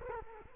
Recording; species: mosquito wingbeat signal from an infrared sensor; Culex quinquefasciatus